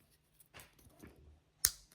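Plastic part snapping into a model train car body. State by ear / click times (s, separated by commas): seated / 1.6 s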